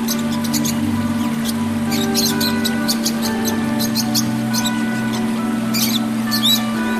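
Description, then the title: Oriental magpie-robin song of sharp, high chirps and squeaky notes in quick bursts, over a steady low electrical hum throughout. "Kicau Kacer"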